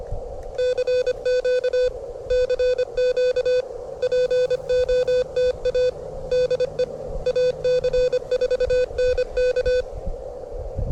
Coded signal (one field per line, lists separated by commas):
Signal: Morse code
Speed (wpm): 25 wpm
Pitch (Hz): 500 Hz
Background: none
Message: CQ CQ POTA DE AC4NK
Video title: The Wind Is A Hater! First Full POTA Activation At 25 WPM 🔥 Steady Climbing The Morse Code Ladder